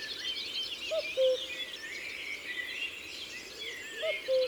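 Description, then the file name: Common cuckoo giving two falling notes, cu-coo, twice about three seconds apart, over a busy chorus of high chirping and twittering songbirds. "Coucou gris ABC des chants doiseaux"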